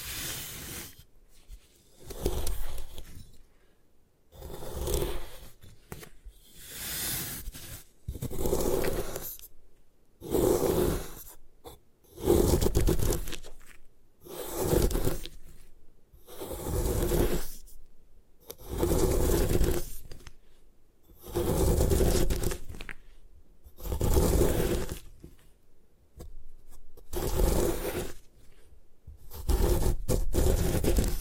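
A block of gym chalk is crushed and ground down in repeated rough, scraping strokes. About a dozen gritty bursts, each lasting a second or two, come at a fairly steady pace, roughly every two to three seconds, with brief near-silent pauses between them.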